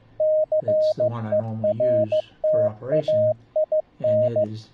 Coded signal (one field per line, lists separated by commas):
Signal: Morse code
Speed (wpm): 15 wpm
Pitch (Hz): 620 Hz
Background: speech, radio noise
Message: CERTAIN